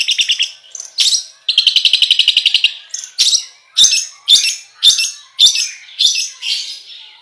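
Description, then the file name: Long-tailed shrike song: varied high notes, then a fast trilled rattle, then a series of sharp, separate chirps repeated about twice a second. "suara-cendet-versi-4"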